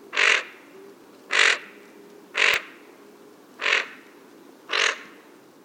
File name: American Wigeon